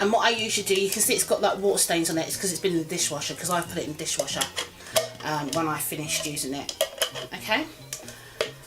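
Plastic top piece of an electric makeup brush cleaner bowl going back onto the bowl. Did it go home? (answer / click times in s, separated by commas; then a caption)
no / none. Someone talks while handling the removable plastic top piece of an electric makeup brush cleaner bowl, which has water stains from going through the dishwasher, and brings it back toward the bowl. A few short, sharp plastic knocks come near the end at about 7.9, 8.1 and 8.4 seconds. Nothing has seated or clicked into place yet.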